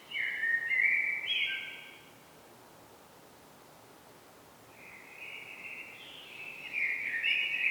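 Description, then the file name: Common blackbird singing two mellow whistled phrases a few seconds apart. "Turdus merula"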